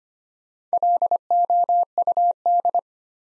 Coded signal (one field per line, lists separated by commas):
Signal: Morse code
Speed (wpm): 25 wpm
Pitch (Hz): 700 Hz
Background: none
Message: LOUD